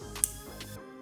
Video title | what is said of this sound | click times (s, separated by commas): Installing Plug-and-Play Programmable Brake Light Modulator on 2025+ Yamaha MT-03 by TST Industries | And you will hear an audible click, | 0.2 s